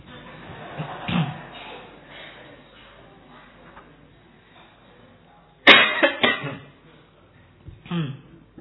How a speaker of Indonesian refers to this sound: Ayo lomba batuk.